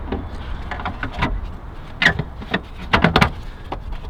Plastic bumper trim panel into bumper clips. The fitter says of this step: so we're going to line this up in here and clip it back in